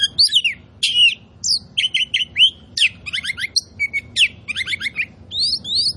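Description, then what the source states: Oriental magpie-robin song: a rich, fast run of clear whistled notes, sweeping slurs and buzzy trills, with short pauses between phrases. Indonesian name kacer poci; described as gacor, meaning singing vigorously and often.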